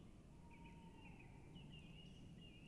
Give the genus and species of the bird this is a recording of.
Strix aluco